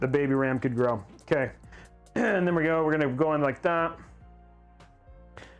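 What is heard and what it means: A DDR4 memory stick is pushed down into a motherboard DIMM slot until the retention latch snaps, seating it. Someone talks over background music. After a quiet stretch, a faint tap comes at 4.8 s and a sharp, brief click at 5.4 s.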